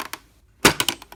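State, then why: Seated. On a homemade 2x72 belt sander, the tension arm is pushed into a cut-off steel eyebolt that holds it. A few faint taps precede a loud, sharp click at 0.7 s as the arm snaps into place, followed by a couple of smaller rattling knocks. The arm is seated and holds sturdy.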